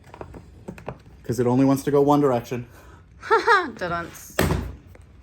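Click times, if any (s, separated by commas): 4.4 s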